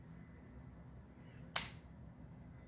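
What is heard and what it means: On a Remington R1 Enhanced 1911 pistol slide, the recoil spring plug is held down against spring pressure under the barrel bushing while the bushing is rotated until it locks. A single sharp, bright metallic click rings out at 1.6 s against a quiet background. The plug is seated and locked in place.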